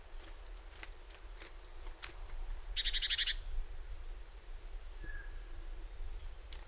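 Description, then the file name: Great tit giving one short, rapid, buzzy churring rattle of about half a second, with faint scattered clicks and ticks around it. "Parus major"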